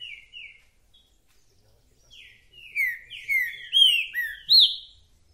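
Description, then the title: Green-winged saltator song: two short whistles, a pause, then a series of loud slurred whistled notes, mostly falling, the last one rising. Repetitive singer delivering one song after another; recording meant to stir a listener's trinca-ferro into calling, singing and display. "TRINCA FERRO MERCENARIO"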